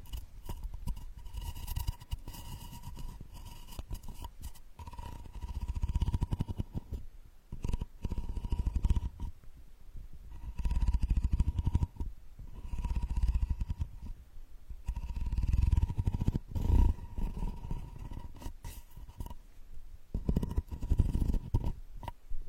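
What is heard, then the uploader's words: Straw therapy ear digging: muffled scraping and rumbling rubs come in uneven bursts, with a faint steady whine and brief quiet gaps between strokes. Unique straw therapy ear digging experience.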